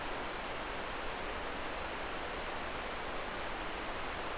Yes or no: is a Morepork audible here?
no